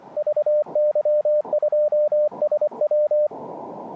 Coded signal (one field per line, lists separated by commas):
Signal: Morse code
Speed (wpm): 24 wpm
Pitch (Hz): 600 Hz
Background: radio noise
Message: VY2SW